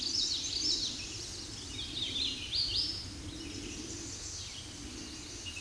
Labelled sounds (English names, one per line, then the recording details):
Hooded Warbler song
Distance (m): 20 m
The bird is about level with the microphone
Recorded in a Pennsylvania forest on 16 May 2024 at 07:37
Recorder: AudioMoth, point MSD-1293
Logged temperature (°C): 12.0 °C
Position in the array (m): 37 m, 154 m